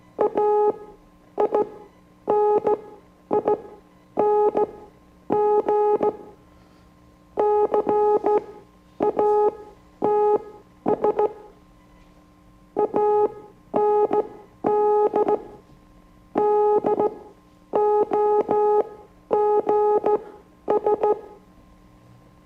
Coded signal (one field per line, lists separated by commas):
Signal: Morse code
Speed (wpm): 16 wpm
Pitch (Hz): 420 Hz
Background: music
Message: AINING CATS AND DOGS